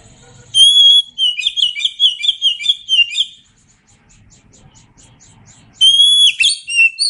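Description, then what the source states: Oriental magpie-robin song of ringing whistles and fast, rich chirped notes, a pause with faint clicks, then another loud whistled phrase. Indonesian name kacer; described as gacor, meaning singing vigorously.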